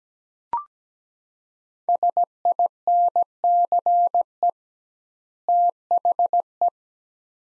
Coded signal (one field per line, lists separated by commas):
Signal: Morse code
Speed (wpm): 17 wpm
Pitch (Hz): 700 Hz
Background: none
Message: SINCE THE